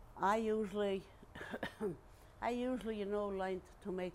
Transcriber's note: coughs